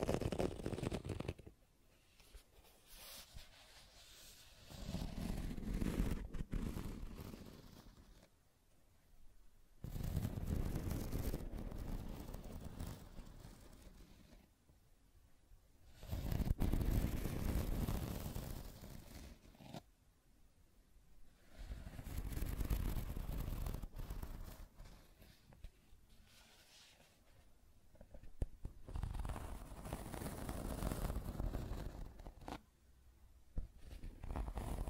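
Scratching and tracing strokes come in long rasping bursts a few seconds each, separated by short quiet gaps. The texture is dry and grainy, swelling and fading within each stroke, with a soft low rumble under the louder passages.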